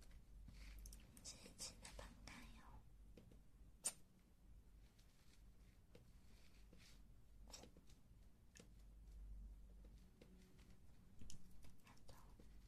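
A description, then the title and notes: Ear eating and ear massage: soft wet mouth sounds with frequent small clicks and crackles scattered unevenly over the clip, bunching up around the middle. A sharper snap lands near four seconds, and a low steady hum runs underneath throughout. Ear eating and ear massage.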